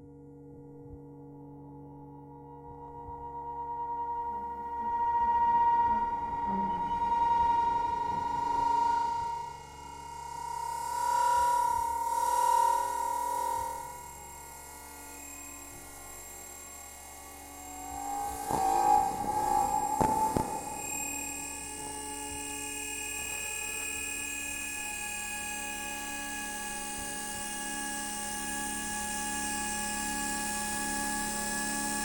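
Electromagnetic signals from the underground lines at Bank/Monument Tube Station, heard as layered steady hums and whines with a sustained high tone near the middle. Swelling noisy surges come around 5–13 seconds and again near 18–21, then settle into a steadier drone with faint pulsing.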